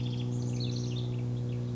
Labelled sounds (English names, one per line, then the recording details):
House Wren
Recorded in Sonoma County, California